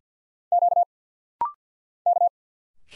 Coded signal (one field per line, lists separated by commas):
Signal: Morse code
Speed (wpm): 50 wpm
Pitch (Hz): 700 Hz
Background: none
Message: Q K